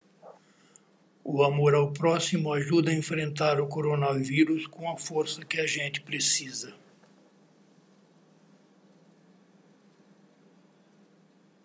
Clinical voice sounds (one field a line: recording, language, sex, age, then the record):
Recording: spoken sentence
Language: Brazilian Portuguese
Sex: female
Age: 70 to 79 years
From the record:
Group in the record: control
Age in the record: 72 years